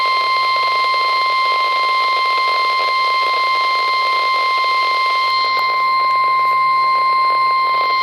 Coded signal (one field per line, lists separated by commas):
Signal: Emergency Alert System (SAME) tones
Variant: 1050 Hz attention tone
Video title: TORNADO EMERGENCY for MOORE, OKLAHOMA! (EAS #814)